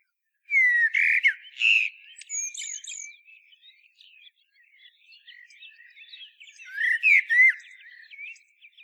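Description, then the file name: Common blackbird song: a loud fluted phrase with squeaky high notes, a stretch of soft chatter, then another mellow phrase ending in twitters. "Turdus merula"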